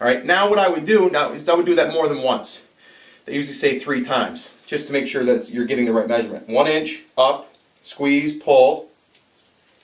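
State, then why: Torque reached. A man talks through most of the clip while a plastic skinfold caliper is closed on a pinched fold of skin by the hip, his thumb squeezing until the caliper's pressure mechanism gives a short, soft click at 9.2 s. The click confirms the caliper has reached its set pressure, and the reading is then taken.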